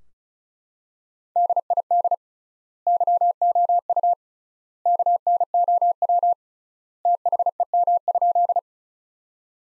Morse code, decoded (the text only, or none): DID YOU KNOW THEM?